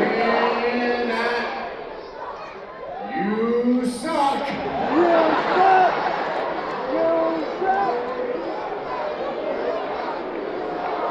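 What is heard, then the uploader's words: A large indoor crowd chants and shouts, with many voices blending into a dense, steady roar. Rising and falling chant calls stand out around the third and fifth seconds, and a sharp bright burst lands near the four-second mark. Wrestling at Madison square garden. Mostly of people chanting!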